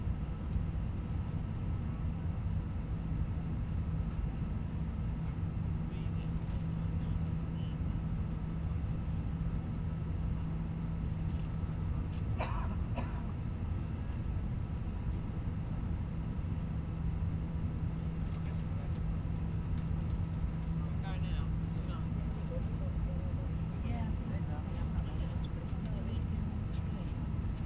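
A steady, dense engine hum fills the cabin of an airplane in flight, heavy in the low end with a constant droning tone underneath. The level stays even throughout, while faint clicks and brief rattles surface now and then, notably around twelve, twenty-one and twenty-four seconds.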